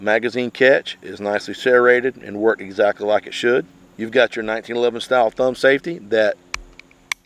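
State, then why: Seated. Someone talks while handling a Coonan Compact .357 Magnum, a compact steel pistol, then flicks its 1911-style thumb safety lever on the frame off and back on. Two sharp detent clicks ring out at 6.5 s and 7.1 s, with fainter ticks between and after. The thumb safety snaps cleanly off and on with an audible click.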